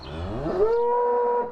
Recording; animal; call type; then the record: contact call of a hoofed animal; cattle; low-frequency (closed-mouth) or high-frequency (open-mouth) call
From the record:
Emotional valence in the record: negative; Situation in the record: full separation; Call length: 1.52 s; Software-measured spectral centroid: 930 Hz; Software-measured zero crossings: 1270 a second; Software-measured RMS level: -24 dBFS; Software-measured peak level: -11 dBFS